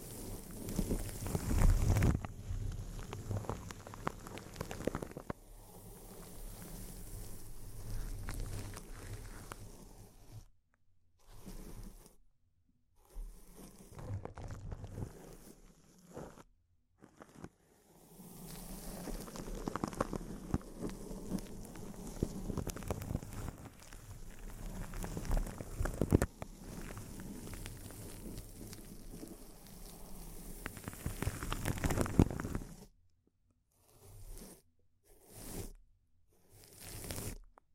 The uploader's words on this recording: ASMR Intense Close-Up Crinkles (No Talking).